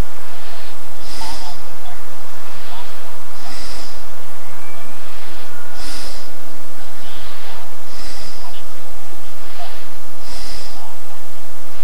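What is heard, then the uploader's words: Steady breathing with airy, hissing exhales roughly every two to two and a half seconds over a low, constant background rumble. Breath Of The King. Breathing.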